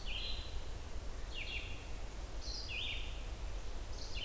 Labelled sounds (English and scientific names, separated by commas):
Red-eyed Vireo (Vireo olivaceus) song